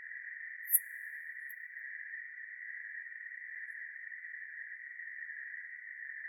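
Cricket trill, a continuous even buzzing tone that never pauses, with one short sharp click near the start.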